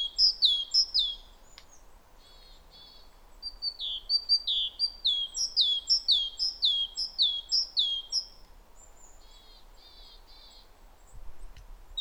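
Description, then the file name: Great tit singing strings of high, sweeping two-note phrases, with brief softer notes between bursts and a pause before the end. "Parus major"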